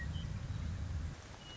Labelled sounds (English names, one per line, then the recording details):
Western Meadowlark
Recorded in Sonoma County, California